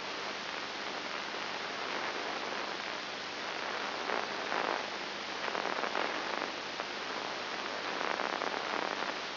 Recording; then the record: brain microelectrode recording played as sound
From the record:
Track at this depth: inside the subthalamic nucleus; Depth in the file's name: 5.301 mm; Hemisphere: left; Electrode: 3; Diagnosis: Parkinson's disease